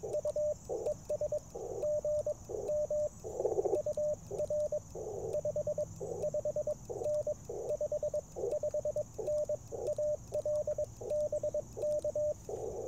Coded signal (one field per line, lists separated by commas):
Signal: Morse code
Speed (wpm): 22 wpm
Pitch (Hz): 600 Hz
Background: radio noise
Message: U ES GM UR 55N 55N AL BK